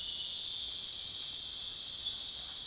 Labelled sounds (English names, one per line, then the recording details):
none
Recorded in secondary vegetation near Puerto Asís, Putumayo, Colombia, on 29 June 2025 at 22:00
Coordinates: 0.485, -76.322
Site GP06